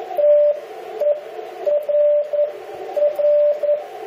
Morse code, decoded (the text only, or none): TERR